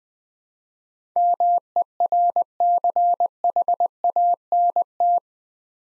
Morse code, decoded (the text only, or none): MERCHANT